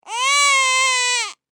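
A single sustained human baby cry lasting a little over a second, high-pitched and steady with a clear, bright tone, rising at onset and falling off at the end. An ordinary baby cry sound effect, with no background noise.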